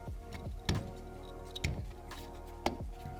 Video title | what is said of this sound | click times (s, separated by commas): 16-20 Toyota Tacoma Rigid 360 Series LED SAE Fog Light Install | we go and it should click in down here over those little plastic tabs and it'll have a little bit of rotational movement | 0.7 s, 1.6 s, 2.7 s